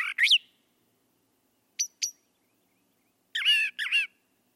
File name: suara kicauan brown thrasher. omkicau